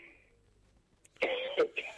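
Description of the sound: After a near-silent stretch, an adult man gives a short run of two or three harsh, partly voiced cough bursts that are close together, ending with a softer one. The voice sounds rough, in keeping with a cough and hoarseness.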